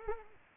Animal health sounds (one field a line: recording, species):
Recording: mosquito wingbeat signal from an infrared sensor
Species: Culex pipiens